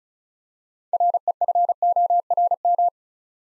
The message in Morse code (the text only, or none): REFORM